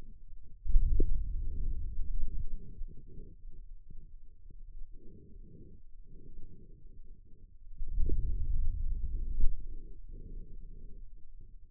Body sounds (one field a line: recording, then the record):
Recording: forearm muscle sounds (acoustic myography)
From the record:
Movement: hand closing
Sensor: system 2, bracelet of six BSWA MPA416 microphones around the upper forearm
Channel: 4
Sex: male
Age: 22 years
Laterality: right